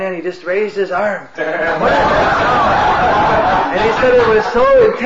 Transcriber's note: laughter